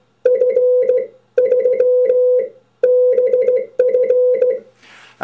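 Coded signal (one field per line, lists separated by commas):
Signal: Morse code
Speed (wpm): 16 wpm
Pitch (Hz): 500 Hz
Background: none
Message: F3BF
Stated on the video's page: Morse key re-created from a worn-out original, built as a test bed for contacts and springs.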